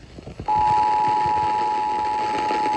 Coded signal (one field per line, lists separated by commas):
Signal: Emergency Alert System (SAME) tones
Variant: 853 and 960 Hz attention tone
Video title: MODERATE RISK TERROR! EAS Alerts from 11-4-2022 to 11-5-2022. (EAS #730 - #781)